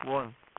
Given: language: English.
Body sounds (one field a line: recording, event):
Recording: throat vibration sensor signal played as sound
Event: speech